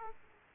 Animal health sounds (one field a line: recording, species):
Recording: mosquito wingbeat signal from an infrared sensor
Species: Aedes aegypti